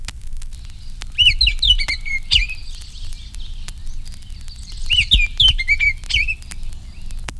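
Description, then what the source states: Baltimore Oriole song: two short bursts of clear, slurred whistled notes about four seconds apart, over a low rumbling background. Loud, clear, relatively low-pitched song of single notes and slurred phrases.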